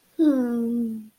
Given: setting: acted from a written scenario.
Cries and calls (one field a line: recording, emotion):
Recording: vocal sound without words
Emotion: romantic love